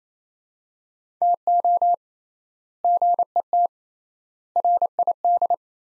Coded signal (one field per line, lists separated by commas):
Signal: Morse code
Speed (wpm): 27 wpm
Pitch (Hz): 700 Hz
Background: none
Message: TO GET RID